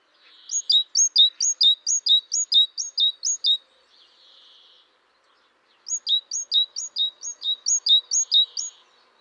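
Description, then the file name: Great tit song in two bouts of quick repeated two-note phrases, a sharp high note dropping to a lower one, with a brief soft buzz between bouts. "Parus major"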